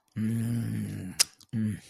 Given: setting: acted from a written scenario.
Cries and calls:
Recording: vocal sound without words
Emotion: desire

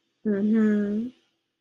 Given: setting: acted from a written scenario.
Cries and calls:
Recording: vocal sound without words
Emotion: desire

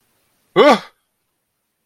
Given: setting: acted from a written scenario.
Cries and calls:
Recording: vocal sound without words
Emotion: fear

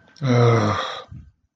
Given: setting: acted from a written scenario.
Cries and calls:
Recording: vocal sound without words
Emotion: guilt

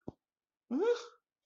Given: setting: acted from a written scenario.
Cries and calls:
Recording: vocal sound without words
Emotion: confusion

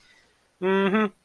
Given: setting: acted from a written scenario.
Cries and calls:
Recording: vocal sound without words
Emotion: sympathy

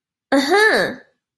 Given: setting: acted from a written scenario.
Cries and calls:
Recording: vocal sound without words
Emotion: realization

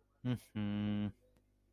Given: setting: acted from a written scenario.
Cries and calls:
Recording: vocal sound without words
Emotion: disappointment

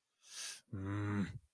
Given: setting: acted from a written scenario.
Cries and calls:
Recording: vocal sound without words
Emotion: anger

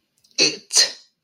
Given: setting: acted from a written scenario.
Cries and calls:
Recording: vocal sound without words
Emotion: disgust

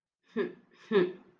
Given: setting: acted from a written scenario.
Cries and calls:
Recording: vocal sound without words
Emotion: shame

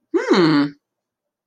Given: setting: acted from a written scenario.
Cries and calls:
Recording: vocal sound without words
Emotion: interest

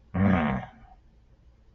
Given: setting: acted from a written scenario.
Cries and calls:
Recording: vocal sound without words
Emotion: contempt

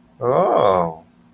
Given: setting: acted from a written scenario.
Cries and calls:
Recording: vocal sound without words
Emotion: interest

